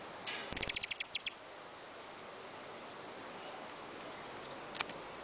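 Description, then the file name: Hummingbird calling, a quick burst of about eight very high, thin chips packed into under a second, then quiet with one faint chip later. "Beija flor"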